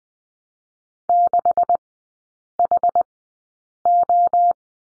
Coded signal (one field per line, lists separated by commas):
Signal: Morse code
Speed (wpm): 20 wpm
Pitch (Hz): 700 Hz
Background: none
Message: 6HO